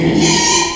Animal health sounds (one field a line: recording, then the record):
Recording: squeal of a Yucatan mini pig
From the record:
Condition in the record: after surgery on the right vocal fold (resection and tissue-engineered implant)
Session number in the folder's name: 2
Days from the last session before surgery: 13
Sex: male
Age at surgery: 12 weeks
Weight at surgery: 13 kg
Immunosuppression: cyclosporine, prednisolone